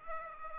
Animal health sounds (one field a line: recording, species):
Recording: mosquito wingbeat signal from an infrared sensor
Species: Culex pipiens